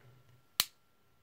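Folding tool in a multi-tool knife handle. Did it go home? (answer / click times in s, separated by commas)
yes / 0.6 s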